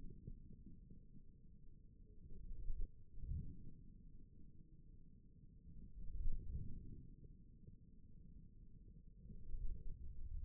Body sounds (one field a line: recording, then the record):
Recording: forearm muscle sounds (acoustic myography)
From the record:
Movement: forearm supination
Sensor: system 1, eight BSWA MPA416 microphones around the upper forearm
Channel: 1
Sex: male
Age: 41 years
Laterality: right